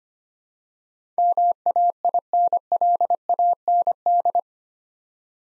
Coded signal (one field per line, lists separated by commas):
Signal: Morse code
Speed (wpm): 25 wpm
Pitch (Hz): 700 Hz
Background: none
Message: MAINLAND